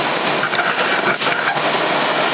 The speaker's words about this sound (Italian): Si sente la ventola del condizionatore.